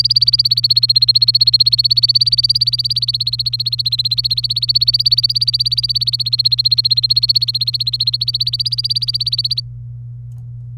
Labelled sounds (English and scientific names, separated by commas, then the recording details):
Domestic Canary (Serinus canaria) song
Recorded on 27 April 2018 at 09:42
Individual llb3